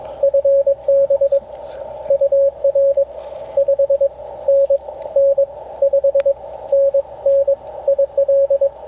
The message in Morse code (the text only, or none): FB UR 5NN 5NN IL